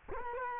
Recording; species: mosquito wingbeat signal from an infrared sensor; Culex quinquefasciatus